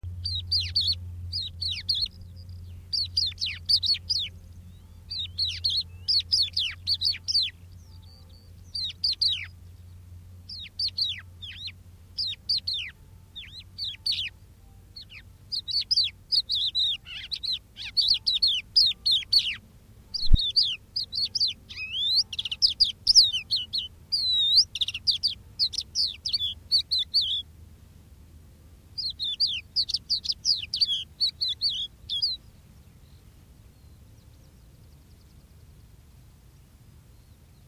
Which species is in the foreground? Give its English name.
Crested Lark